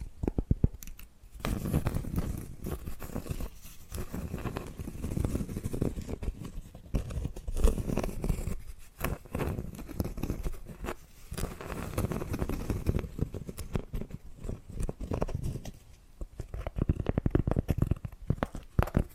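Dense, continuous tapping and scratching with rapid clicks and scraping textures, mostly low and full, briefly thinning near one, nine and sixteen seconds.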